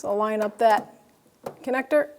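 Someone talks while the second plastic bulb wiring connector is lined up with the tail light bulb socket of an inner tail light assembly on a 2013-2018 Toyota RAV4. The connector is being handled but has not gone home, and nothing has seated or clicked yet.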